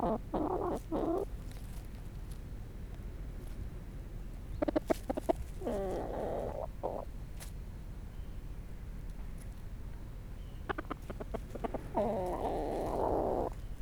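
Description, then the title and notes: Brahma chicken: a hen giving a few short bursts of soft clucking calls separated by pauses. Brahma hen alone in her enclosure at Aix-les-Bains, France, recorded while a person talks with her. "145 Bd Robert Barrier, 73100 Aix-les-Bains, France - Poule. Discussion avec une poule Brahma seule dans son enclos"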